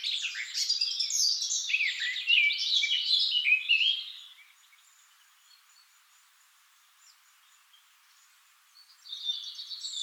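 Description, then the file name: Eurasian blackcap song, a dense burst of scratchy warbling for about four seconds, then quiet and a brief high phrase at the end. "Sylvia atricapilla"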